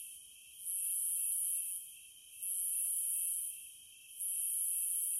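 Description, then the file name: Cicada gives a loud, high sizzling buzz in bursts roughly every two seconds, with a steady humming tone running underneath. "Zvuki prirody Cikady"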